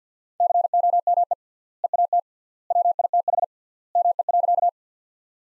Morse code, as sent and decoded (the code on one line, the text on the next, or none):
-.-. --- -- . / . .- - / .-- .. - .... / -- . .-.-.-
COME EAT WITH ME.